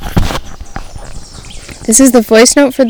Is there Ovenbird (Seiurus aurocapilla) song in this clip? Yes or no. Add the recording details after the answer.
no. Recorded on 2 June 2016 at 10:55. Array SBT-3-7